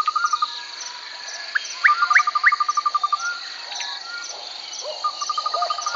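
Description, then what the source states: Birds chirping with rapid rattling trills, sharp rising chirps and brief whistled notes, backed by a steady high-pitched insect drone throughout. Several birds chirping close by in a forest.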